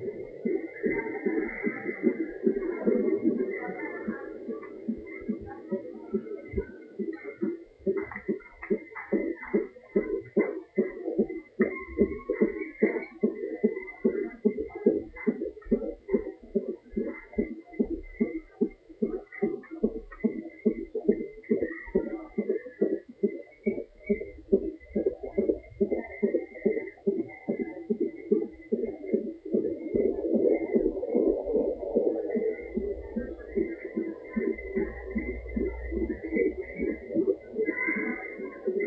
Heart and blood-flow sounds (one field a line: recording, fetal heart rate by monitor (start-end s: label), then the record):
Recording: fetal heart sounds by stethoscope on the mother's abdomen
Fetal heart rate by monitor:
0.00-10.00 s: 150 bpm
10.00-20.00 s: 152 bpm
20.00-30.00 s: 144 bpm
30.00-38.87 s: 149 bpm
From the record:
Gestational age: 30 weeks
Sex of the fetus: boy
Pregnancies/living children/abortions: 1/0/0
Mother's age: 23 years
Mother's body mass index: 28.3